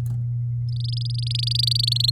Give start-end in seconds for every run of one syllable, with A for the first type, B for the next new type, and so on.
0.69-2.10 A